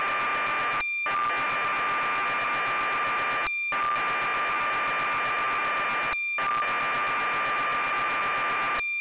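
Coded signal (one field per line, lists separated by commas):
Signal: computer data on cassette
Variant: BBC Micro, 1200 baud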